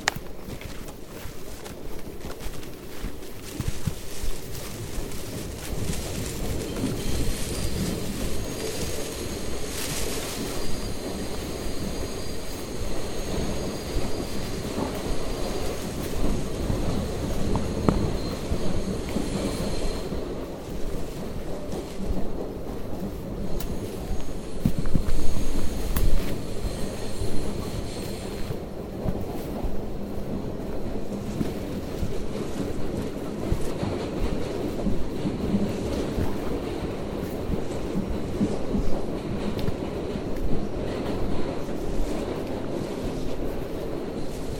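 A steady, dense rumble fills a hike through the Tambopata rainforest in Peru, heavy in the low end with a rough, rushing texture. Thin high insect-like tones hum over the first twenty seconds, then fade, while the rumbling continues evenly, swelling slightly around twenty-five seconds.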